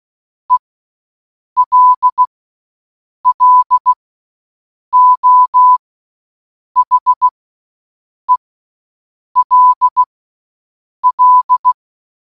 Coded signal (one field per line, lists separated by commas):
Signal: Morse code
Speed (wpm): 16 wpm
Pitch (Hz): 1000 Hz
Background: none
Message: ELLO HELL